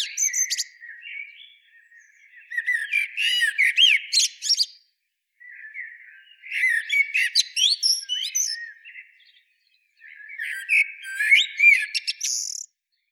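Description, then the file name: Eurasian blackbird song in several separate bursts, each mixing mellow low warbles with squeaky, high-pitched twittering, divided by short pauses. "Turdus merula"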